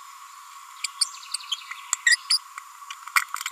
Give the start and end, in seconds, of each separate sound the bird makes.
0.84-0.86, 1.01-1.04, 1.52-1.54, 2.06-2.16, 2.30-2.38, 3.22-3.23, 3.46-3.48